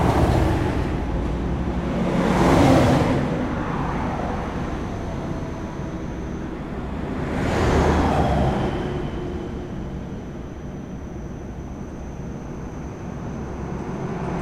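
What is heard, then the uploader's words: Cars drive by unseen, two clear passes swelling and fading around 2–3 seconds and again near 8 seconds, each a rushing whoosh. Between them a low, steady rumble of traffic continues, with a faint high whine lingering in the background. Drive by invisible cars.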